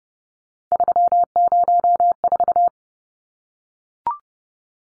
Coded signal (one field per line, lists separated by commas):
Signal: Morse code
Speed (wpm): 30 wpm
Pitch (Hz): 700 Hz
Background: none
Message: 304